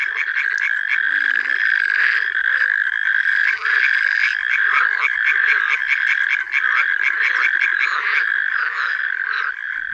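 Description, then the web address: Frogs in a dense chorus, overlapping rapid croaking and trilling calls forming a continuous pulsing band, with quick repeated notes throughout and no pauses. Frog concert (chorus) recorded in a forest. "Przyroda Tajemnice puszczy Koncert zab"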